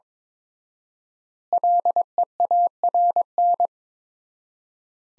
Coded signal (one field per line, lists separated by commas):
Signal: Morse code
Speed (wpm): 23 wpm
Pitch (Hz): 700 Hz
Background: none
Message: LEARN